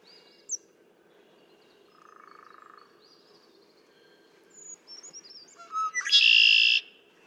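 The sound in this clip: Red-winged blackbird song: a brief low buzz and high chips, then stuttering notes rising into a loud, ringing, buzzy trill near the end.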